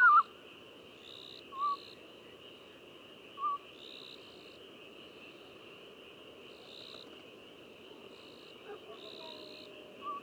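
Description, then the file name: Cyprus scops owl giving a few brief, soft notes over a steady insect drone. Hooting of a male, followed by soliciting calls and hooting of a female. "Cyprus Scops Owl Hooting of male then soliciting calls hooting of female"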